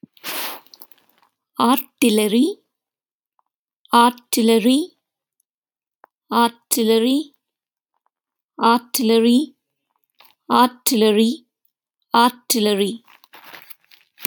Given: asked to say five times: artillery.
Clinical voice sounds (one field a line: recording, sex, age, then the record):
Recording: repeated word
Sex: female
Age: 30 to 39 years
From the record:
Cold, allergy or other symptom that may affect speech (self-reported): no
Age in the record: 30 years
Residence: United States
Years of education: 18